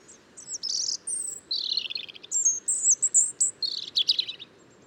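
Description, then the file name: European robin giving a high song of thin whistles, falling slurs and quick trilled notes in short phrases that shift pitch from one to the next. "Erithacus rubecula"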